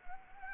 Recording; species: mosquito wingbeat signal from an infrared sensor; Anopheles arabiensis